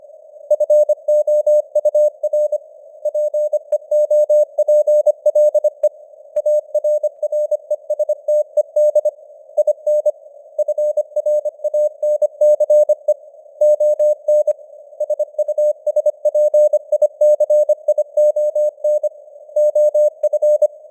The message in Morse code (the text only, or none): FOUR PEOPLE ARRESTED IN FRANCE ON SUSPICION OF